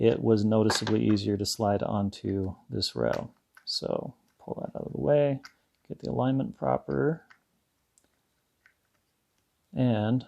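Someone talks while the lever on a MantisX Gen 2 sensor housing (an X3) is pulled out of the way and the housing is lined up and slid along a pistol accessory rail, which it slides onto noticeably easier. Only small, faint handling ticks are heard around 8.0 s and 8.7 s in a quiet gap. Nothing has seated or clicked yet; the housing has not been released to snap home.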